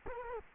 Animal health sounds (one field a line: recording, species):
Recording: mosquito wingbeat signal from an infrared sensor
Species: Culex quinquefasciatus